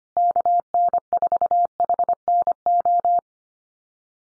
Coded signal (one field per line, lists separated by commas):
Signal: Morse code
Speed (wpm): 25 wpm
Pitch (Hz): 700 Hz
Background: none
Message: KN4HNO